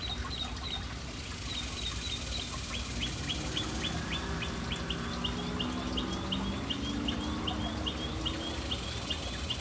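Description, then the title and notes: Birds giving short, high chirps in a long, fast series over a steady low background rumble. City birds hanging around an urban fountain. "Urban birds at fountain. Relaxing sounds of City Birds hanging around fountain"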